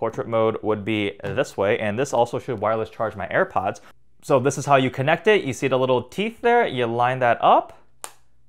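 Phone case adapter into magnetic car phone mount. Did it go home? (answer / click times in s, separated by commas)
yes / 8.0 s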